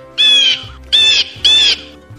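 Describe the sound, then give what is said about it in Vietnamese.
A human-faced bird gives three loud, shrill, raspy screeches, unlike its usual cry, in quick succession, each about half a second long and evenly spaced, over a faint low hum. “Chim mặt người phát ra tiếng kêu rít khác với bình thường, cánh phạch một cái vọt qua đây.”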